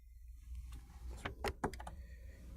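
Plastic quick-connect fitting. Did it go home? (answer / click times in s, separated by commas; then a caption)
yes / 1.6 s. The spring quick-release connector on a hard plastic crankcase breather line is pushed onto the anodized fitting of the new aluminium intake tube while installing a Flowmaster Delta Force Performance Air Intake (615160) on a 2015–2017 Mustang EcoBoost 2.3L. Short plastic knocks and ticks at about 1.3 and 1.5 s lead to a sharp snap at 1.6 s, followed by a few lighter clicks up to about 1.9 s. The connector seats on the fitting at 1.6 s.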